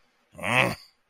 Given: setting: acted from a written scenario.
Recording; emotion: vocal sound without words; anger